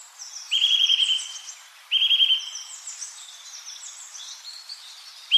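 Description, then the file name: Eurasian nuthatch with two quick rattling trills of ringing notes in close succession, and another starting at the end. "Sitta europaea"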